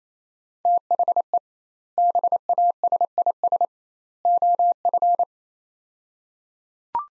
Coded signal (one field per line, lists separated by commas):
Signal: Morse code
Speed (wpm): 28 wpm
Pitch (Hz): 700 Hz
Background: none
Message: THE BASIS OF